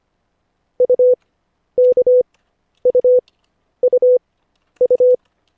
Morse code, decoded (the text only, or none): UKUUU